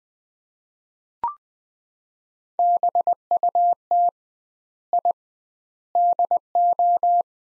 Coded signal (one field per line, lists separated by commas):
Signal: Morse code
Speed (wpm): 20 wpm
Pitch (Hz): 700 Hz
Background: none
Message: BUT I DO